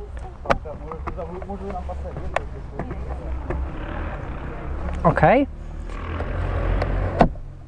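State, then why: Seated. Someone talks while pushing a plastic mirror cover home onto the side mirror of a Golf being fitted with dynamic turn signals, with scattered handling knocks and rustling throughout. A sharp, clear snap is heard at 7.2 s as the cover clips in and seats firmly.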